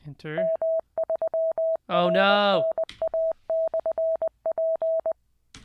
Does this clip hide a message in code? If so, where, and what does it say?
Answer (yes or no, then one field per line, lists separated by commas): yes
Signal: Morse code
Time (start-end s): 0.4-5.1 s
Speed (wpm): 20 wpm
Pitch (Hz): 650 Hz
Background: speech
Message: M3RNA/P